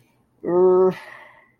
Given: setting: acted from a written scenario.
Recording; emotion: vocal sound without words; guilt